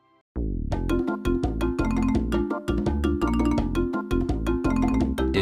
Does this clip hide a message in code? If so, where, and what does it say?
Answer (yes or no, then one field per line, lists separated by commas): no